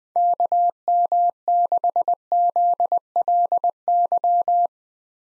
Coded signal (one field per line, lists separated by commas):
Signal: Morse code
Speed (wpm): 20 wpm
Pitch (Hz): 700 Hz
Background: none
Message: KM6ZLY